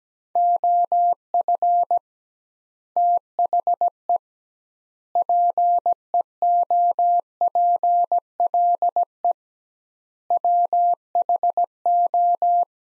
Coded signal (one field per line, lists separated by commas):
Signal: Morse code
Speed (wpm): 17 wpm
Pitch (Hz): 700 Hz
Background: none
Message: OF THE PEOPLE WHO